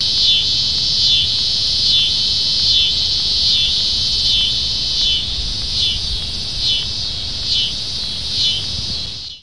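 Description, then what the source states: Tibicen cicada song: a loud, steady, high buzzing drone that pulses gently about once a second, with a low rumble of background noise underneath. Cicada of the genus Tibicen.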